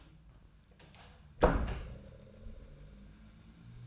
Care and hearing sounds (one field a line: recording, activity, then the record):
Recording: daily activity, microphone in the room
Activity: close door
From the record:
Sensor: 2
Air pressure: 1004.8 hPa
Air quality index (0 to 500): 73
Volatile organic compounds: 1 ppm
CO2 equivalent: 872 ppm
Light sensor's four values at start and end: 7/17/7/7 and 7/17/7/7